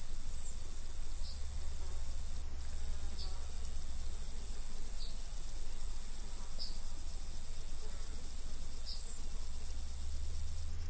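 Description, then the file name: Roesel's bush-cricket, a continuous shrill buzzing song, with several short bird chirps and a low rumbling background. 24 July 2016 at Buchhorst around 10:20, sunny and dry, about 30 °C, wind force 2 Beaufort. "160724 roebushcrick 1020 h 30 C W 40 2 BFT SUN DRY buchhorst"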